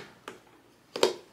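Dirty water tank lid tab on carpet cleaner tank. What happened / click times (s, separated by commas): A plastic tab latch snapped open / 1.0 s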